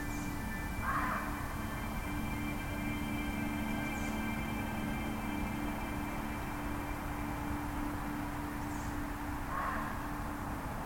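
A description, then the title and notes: Two short muntjac barks, near one second and near the end, over a steady low road rumble and hum, with faint high chirps. Sharon sanderson - field recordings robert sanderson - atmospherics.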